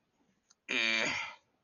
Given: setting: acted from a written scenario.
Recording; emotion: vocal sound without words; neutral